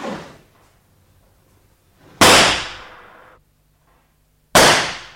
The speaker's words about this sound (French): Vous avez entendu, on a tiré. C'est dans le musée.